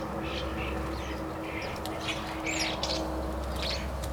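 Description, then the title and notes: Starling calls: scattered squawks, creaks and thin whistles from a flock, fairly continuous, against low-pitched background rumble. Starlings, Rue Henri Jomain, Niévroz, France; Sony PCM-D100 internal microphones in wide position. "Niévroz, France, Rue Henri Jomain - starlings and a fly. étourneaux et une mouche"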